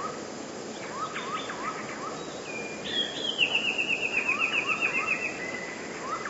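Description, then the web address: Eurasian blue tit singing a high introductory note into a quick descending trill, while another bird repeats short rising notes before and after. "wroblowe teka 2 spiew 3. modraszkoteka"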